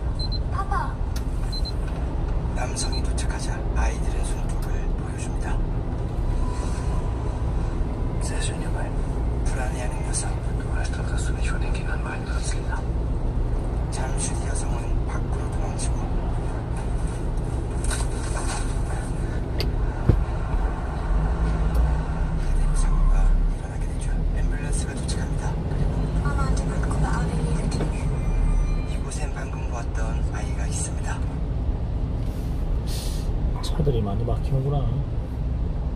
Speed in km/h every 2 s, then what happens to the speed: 15, 12, 12, 11, 9, 8, 6, 6, 6, 6, 11, 14, 18, 20, 21, 21, 21, 19.
0-11 slows to 6. 11-18 steady at about 6. 18-26 speeds up to 20. 26-36 steady at about 21.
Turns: none.